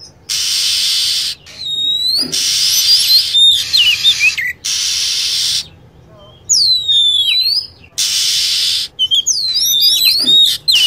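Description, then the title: Lovebirds chirping in quick shrill bursts of high, down-curving whistled notes, with blocks of loud, even hiss in between. Lure sound used to attract lovebirds. "PIKAT BURUNG LOVEBIRD"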